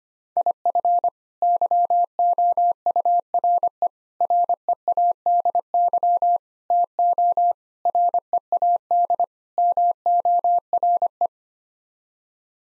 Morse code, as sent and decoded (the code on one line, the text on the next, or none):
.. ..-. / -.-- --- ..- .-. . / .-. . .- -.. -.-- / - --- / .-. . .- -.. / -- --- .-. .
IF YOURE READY TO READ MORE